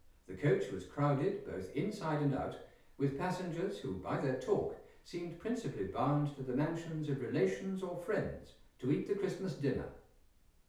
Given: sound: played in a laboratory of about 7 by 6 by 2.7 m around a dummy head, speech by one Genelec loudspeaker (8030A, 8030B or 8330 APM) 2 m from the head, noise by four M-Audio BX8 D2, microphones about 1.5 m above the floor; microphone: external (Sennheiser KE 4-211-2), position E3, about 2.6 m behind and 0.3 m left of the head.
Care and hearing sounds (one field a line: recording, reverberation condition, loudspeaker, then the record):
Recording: male speech in English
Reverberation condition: medium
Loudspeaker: 60 degrees to the left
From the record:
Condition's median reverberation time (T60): about 510 ms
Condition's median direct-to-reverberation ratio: about -0.5 dB